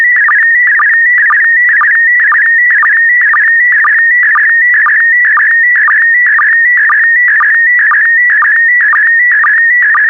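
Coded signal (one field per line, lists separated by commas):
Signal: SSTV (slow-scan television)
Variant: PD120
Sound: steady warbling tone around 2 kHz with a short low blip about twice a second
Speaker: transmission complete you can now check your decoded image against the picture that is shown on the video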